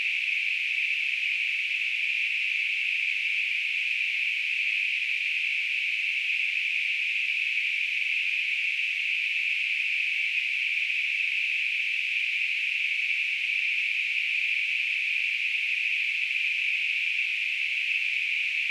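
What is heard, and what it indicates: A simulated tinnitus sound: a steady, unbroken hiss of narrow-band noise centered around 2.5 kHz, with no low-frequency content, holding an even level throughout.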